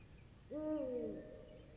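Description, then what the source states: Eurasian eagle-owl hooting once, a deep steady note that dips slightly before fading, about three quarters of a second long, over quiet background hiss. Male hooting.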